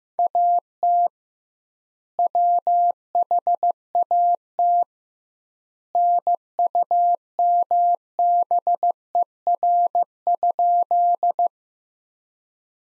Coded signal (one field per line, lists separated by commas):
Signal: Morse code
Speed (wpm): 16 wpm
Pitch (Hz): 700 Hz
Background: none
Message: AT WHAT NUMBER?